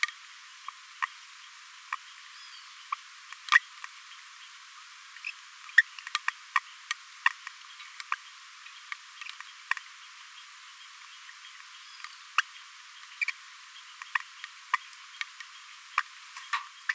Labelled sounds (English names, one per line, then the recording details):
Green-rumped Parrotlet babbling
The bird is a male
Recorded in a nest box in Venezuela
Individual 17B42A3